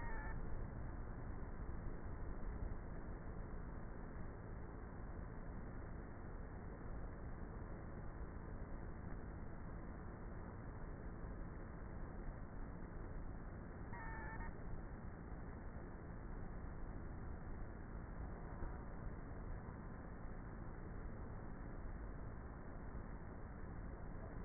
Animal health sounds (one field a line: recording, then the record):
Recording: honeybee colony, microphone inside the hive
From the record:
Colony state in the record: queenless with a low population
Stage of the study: before two queens were removed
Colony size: about 30,000 bees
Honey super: no